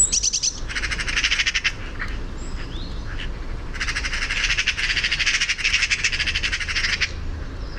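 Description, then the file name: Eurasian magpie giving rapid, harsh machine-gun rattles, two short bursts close together, then after a pause of about two seconds one long burst. "Pica pica"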